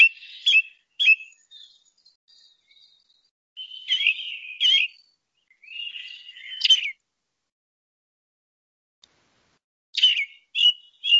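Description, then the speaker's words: Ring Ouzel song: clear piping notes mixed with scratchy, twittering phrases, delivered in bursts with brief pauses between them. Male's song; the species is described as a migrant. "Mirlo capiblanco, canto del macho."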